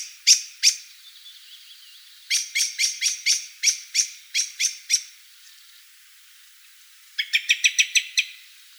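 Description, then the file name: Black-throated thrush giving sharp, clicking, chattering notes repeated quickly in bursts of varying length. "Drozd chernozobyj"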